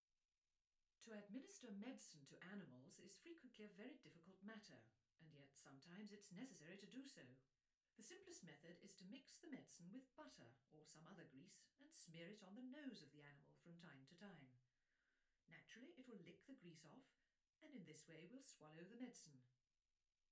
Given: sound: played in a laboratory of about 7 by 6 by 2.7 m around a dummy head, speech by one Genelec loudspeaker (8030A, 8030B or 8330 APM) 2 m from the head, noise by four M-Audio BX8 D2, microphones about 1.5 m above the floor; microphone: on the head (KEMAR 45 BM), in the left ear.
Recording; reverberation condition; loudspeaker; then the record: female speech in English; low; 150 degrees to the right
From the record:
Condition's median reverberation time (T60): about 310 ms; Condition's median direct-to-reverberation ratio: about 3.5 dB